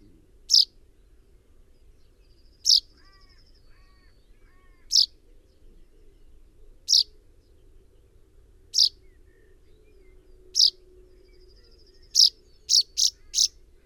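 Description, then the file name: Common chaffinch giving short, sharp metallic call notes about every two seconds, ending in a quick run of four notes, with faint thin whistles between them. "Fringilla coelebs"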